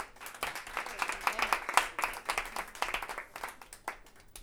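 A round of audience applause for payadoras performing at El Chancho Seis: dense overlapping hand claps sustained for several seconds at moderate loudness, with a few louder individual claps standing out before it thins toward the end.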